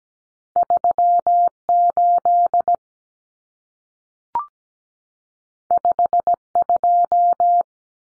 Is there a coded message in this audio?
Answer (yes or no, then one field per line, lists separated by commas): yes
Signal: Morse code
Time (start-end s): 0.6-7.6 s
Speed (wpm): 17 wpm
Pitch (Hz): 700 Hz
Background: none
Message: 38 52